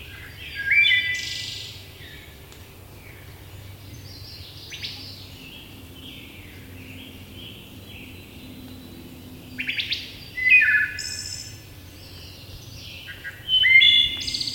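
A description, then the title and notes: A wood thrush sings bright, fluting phrases in bursts near 1, 10–11 and 14 seconds, over a steady low rumble and soft background chatter. Wood Thrush.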